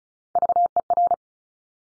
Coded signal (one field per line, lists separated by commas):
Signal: Morse code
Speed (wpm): 36 wpm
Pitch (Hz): 700 Hz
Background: none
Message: VER